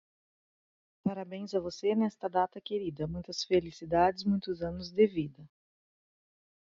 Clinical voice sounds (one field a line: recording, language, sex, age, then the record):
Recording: short text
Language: Brazilian Portuguese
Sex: female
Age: 40 to 49 years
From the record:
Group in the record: control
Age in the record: 42 years